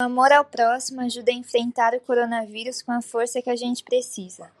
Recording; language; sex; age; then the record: spoken sentence; Brazilian Portuguese; male; 50 to 59 years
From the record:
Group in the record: control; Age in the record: 54 years